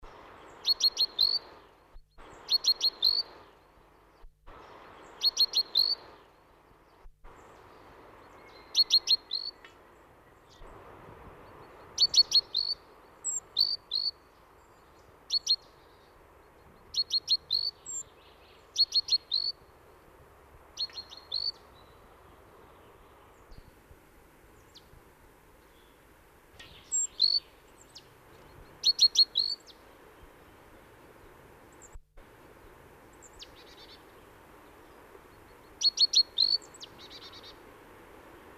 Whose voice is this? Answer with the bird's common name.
Great Tit